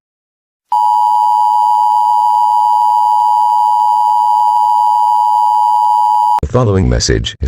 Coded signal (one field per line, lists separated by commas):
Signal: Emergency Alert System (SAME) tones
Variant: 853 and 960 Hz attention tone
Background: speech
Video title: EAS Scenario #10 The Ultimate Deadly Virus